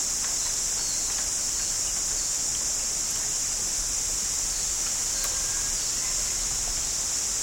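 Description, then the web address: Insects in a dense, unbroken high-pitched hiss-like drone that holds steady throughout, with faint scattered clicks and chirps underneath. Tropical insects. "Tom Hutchings Insects Tropical"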